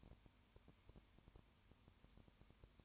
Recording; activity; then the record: daily activity, microphone in the room; no activity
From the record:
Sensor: 2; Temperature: 20.8 degrees Celsius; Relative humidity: 38.3%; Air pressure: 1010.5 hPa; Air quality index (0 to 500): 200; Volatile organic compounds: 19 ppm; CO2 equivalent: 2653 ppm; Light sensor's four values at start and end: 2/3/2/2 and 2/3/2/2